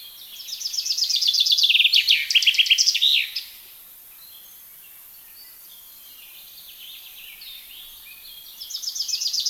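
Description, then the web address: Common chaffinch delivers a cascading trill ending in a flourish, then quiet with faint background birds, before a second song begins near the end. "SETE Fringilla coelebs"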